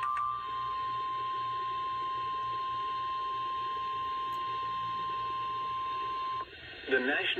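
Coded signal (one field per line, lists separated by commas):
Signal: Emergency Alert System (SAME) tones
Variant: 1050 Hz attention tone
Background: speech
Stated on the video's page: Severe thunderstorm warning.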